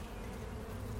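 Bees buzzing, a steady low droning hum with strong low tones, continuous throughout without breaks.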